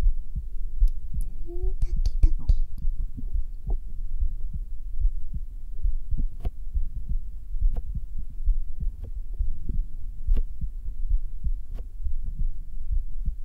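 Soft, steady, regular low thumps of a normal adult heartbeat, heard through the right side of the chest on bare skin, muffled, with faint clicks and handling noise.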